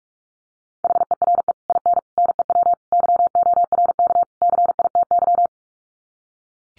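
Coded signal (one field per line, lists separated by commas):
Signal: Morse code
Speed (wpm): 44 wpm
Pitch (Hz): 700 Hz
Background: none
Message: HERE IN NEW YORK CITY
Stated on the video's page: Morse head-copy drill of common five-word English groups at 45 wpm, each set sent twice.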